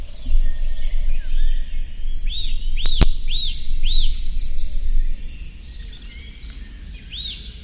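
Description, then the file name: Eurasian nuthatch repeating piping, arched whistles about twice a second, with other birds twittering, a couple of sharp clicks midway, and low rumbling noise. "Sitta europaea"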